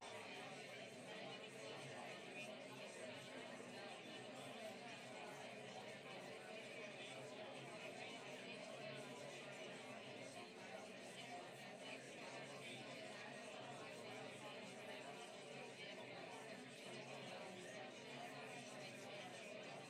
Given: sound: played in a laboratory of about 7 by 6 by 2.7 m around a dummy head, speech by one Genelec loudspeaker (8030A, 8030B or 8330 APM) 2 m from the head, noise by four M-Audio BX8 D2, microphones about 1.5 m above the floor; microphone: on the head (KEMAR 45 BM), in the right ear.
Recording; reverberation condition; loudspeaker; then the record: babble noise; low; four, about 170 cm from the corners of the room and facing them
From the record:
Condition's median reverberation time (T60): about 310 ms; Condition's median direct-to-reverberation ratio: about 3.5 dB